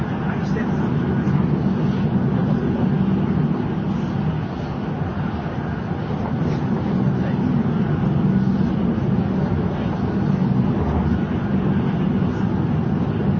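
An N700 series Shinkansen between Kyoto and Shin-Yokohama carries on with a steady, dense low rumble and rolling roar that never lets up. The level stays even for the whole stretch, dipping only slightly around the four-second mark, with faint flickers of higher rattle above.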